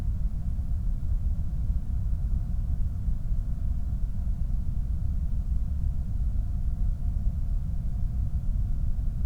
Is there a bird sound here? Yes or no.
no